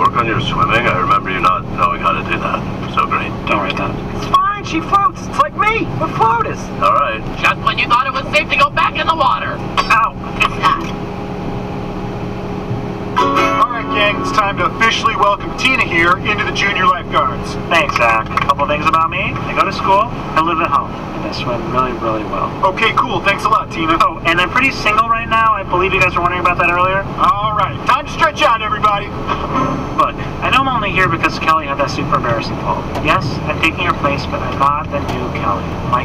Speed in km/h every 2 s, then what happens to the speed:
86, 85, 85, 84, 85, 85, 86, 85, 86, 88, 89, 89, 88, 88, 88, 90, 92, 94.
0-28 steady at about 86. 28-36 speeds up to 94.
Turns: none.